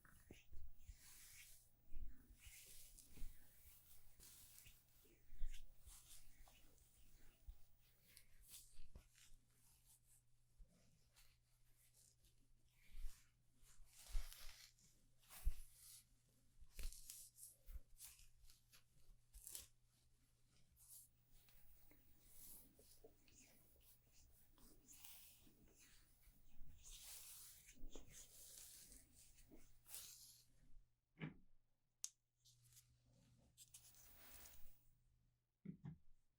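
Haircut and shaving sounds: a steady low motor hum, like electric clippers, runs beneath irregular bursts of bright scraping and snipping that come every second or so. The hum cuts out briefly near the 31-second mark, then returns with a few final sharp brushes.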